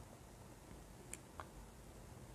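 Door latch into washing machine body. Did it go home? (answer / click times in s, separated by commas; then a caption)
yes / 1.1 s, 1.4 s. After clothes are loaded, a washing machine door is pushed shut and its latch catches in the machine body, locking by itself with just a press. Two short, sharp clicks are heard at 1.1 s and 1.4 s against a quiet background. The door latches shut and is locked.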